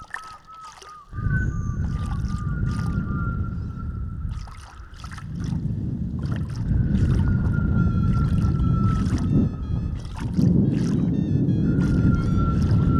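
Long, wavering whale calls, tonal moans and higher whistles, rise and fall over a steady low rumble of engine or water noise that starts after the first second and continues throughout.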